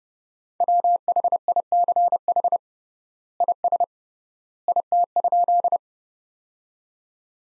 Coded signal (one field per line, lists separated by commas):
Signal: Morse code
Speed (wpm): 32 wpm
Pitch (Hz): 700 Hz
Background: none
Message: WHICH IS IT?